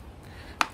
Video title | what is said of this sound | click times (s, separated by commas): Installing LED Bulbs & LED Flasher Relay on a Miata NB2 | it back make sure it clicks set your | 0.6 s